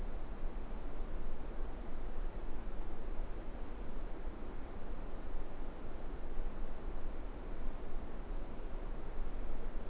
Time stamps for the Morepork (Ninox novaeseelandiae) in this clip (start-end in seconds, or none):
none